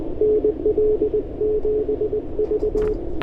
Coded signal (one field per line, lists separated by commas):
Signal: Morse code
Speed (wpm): 20 wpm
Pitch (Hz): 430 Hz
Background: radio noise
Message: NL7V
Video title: Getting my First Ever POTA Kilo at Fort Ord Dunes State Park With an 18 WPM CW Activation